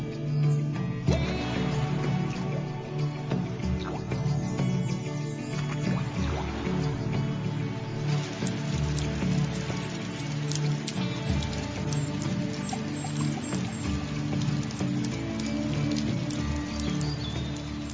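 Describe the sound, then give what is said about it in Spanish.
Steady rain patters onto leaves, a dense wash of countless small droplet taps with sharper individual drips standing out, continuous and fairly loud throughout with no voices. “Las selvas tropicales se desarrollan en las zonas más lluviosas.”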